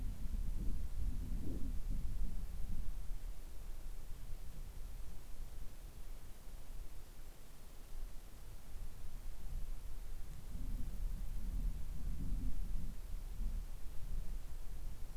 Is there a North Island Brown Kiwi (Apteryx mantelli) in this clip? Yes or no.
no